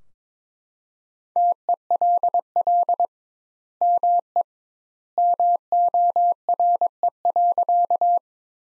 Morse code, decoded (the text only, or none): TELL ME MORE.